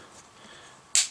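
A polymer BCM Gunfighter vertical foregrip is turned its final rotation onto a KeyMod handguard rail of an AR-15 rifle, after an earlier first click that was not yet secure. After near-silence, a single sharp, bright click sounds at 0.9 s and quickly fades. The grip is now locked on as tight as it can go.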